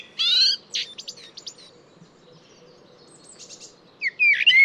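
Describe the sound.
Bird singing quick chirps and short buzzy trilled notes, a pause, then a bright whistled phrase.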